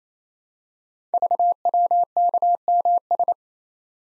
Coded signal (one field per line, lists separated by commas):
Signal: Morse code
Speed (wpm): 27 wpm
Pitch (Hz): 700 Hz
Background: none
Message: VWKMS